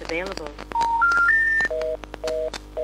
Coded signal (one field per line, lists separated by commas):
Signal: telephone call progress tone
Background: speech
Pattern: special information tone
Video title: Telephone Intercept Recordings from mid 1990s - Lost & Found Tapes (US, CA, UK, ES, JP, CS, IL)